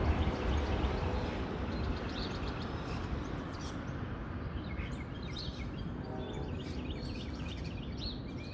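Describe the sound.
Bird chirping, scattered high tweets that grow busier in the second half, set against constant heavy low-pitched background rumble.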